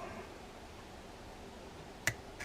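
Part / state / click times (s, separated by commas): small wire spring hooked onto its post inside a fishing reel / seated / 2.1 s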